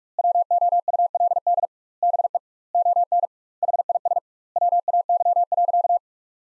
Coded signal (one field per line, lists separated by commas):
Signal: Morse code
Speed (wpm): 48 wpm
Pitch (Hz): 700 Hz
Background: none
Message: WOULD BE ON HIS WAY.